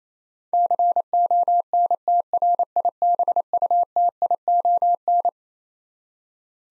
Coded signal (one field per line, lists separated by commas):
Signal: Morse code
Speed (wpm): 28 wpm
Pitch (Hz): 700 Hz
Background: none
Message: CONTRIBUTION